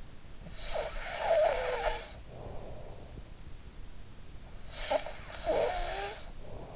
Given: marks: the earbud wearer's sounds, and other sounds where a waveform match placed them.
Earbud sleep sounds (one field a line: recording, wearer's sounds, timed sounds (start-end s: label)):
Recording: sounds in sleep by an in-ear microphone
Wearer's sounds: snoring breath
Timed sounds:
0.19-2.88 s: snoring breath
4.25-6.76 s: snoring breath